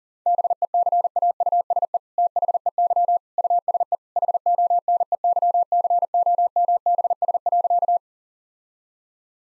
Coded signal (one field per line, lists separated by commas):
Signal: Morse code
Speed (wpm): 37 wpm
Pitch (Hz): 700 Hz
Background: none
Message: BECAUSE THEY USE HONEYCOMBS.